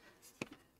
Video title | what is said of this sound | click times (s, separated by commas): MikroTik GPeR and Extending POE Cable Runs | there you go clicks in there pretty good so it stays pretty sturdy there's a little click on there | 0.4 s